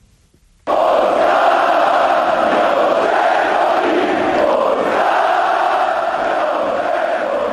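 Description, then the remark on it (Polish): After a brief silence, a huge football crowd erupts into loud, sustained chanting, a dense wall of many voices holding steady with no pauses until the end. “Państwo nie lubią tłumów, wolą podejście solistyczne do sprawy.”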